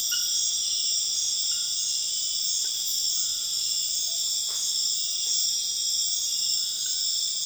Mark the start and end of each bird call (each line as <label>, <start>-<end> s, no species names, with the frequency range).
bird call (0.5-1.2 kHz), 3.88-4.27 s